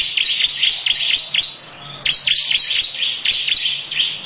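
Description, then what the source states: Lovebird chattering song: fast, high, scratchy chirps run on and on, briefly dropping quieter in the middle before the rapid stream resumes. Long "ngekek" song style.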